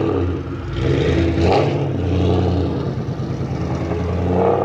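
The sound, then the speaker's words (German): A Ford Mustang Shelby GT 350 racing version's 4.7-litre, 306 PS V8 engine rumbles with a deep, steady low growl, swelling in a couple of loud revving surges over a few seconds with no one talking. “Als Rennsportversion Shelby GT 350 mit 306 PS und 4,7 Liter V8-Motor bringt er das Blut von Autofans in Wallung”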